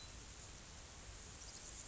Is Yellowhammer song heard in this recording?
no